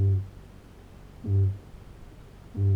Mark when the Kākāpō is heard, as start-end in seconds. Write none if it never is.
0.00-2.75